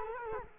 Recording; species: mosquito wingbeat signal from an infrared sensor; Culex quinquefasciatus